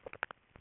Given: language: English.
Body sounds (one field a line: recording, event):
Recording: throat vibration sensor signal played as sound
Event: swallow